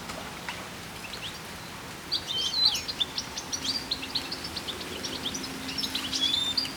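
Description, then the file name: European goldfinch: after about two quieter seconds, bright tinkling chirps and short buzzy trills begin and run to the end. "Carduelis carduelis"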